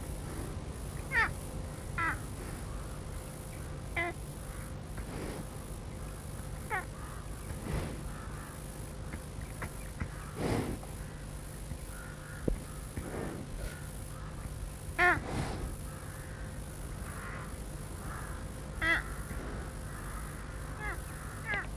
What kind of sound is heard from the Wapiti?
call